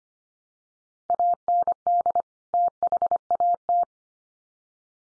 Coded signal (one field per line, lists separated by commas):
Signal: Morse code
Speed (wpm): 25 wpm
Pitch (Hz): 700 Hz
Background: none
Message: AND THAT